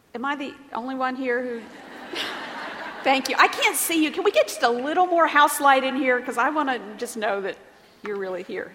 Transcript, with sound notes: Am I the only one here who... thank you. (laughter) I can't see you. Can we get just a little more house lights in here, because I just want to know that you're really here.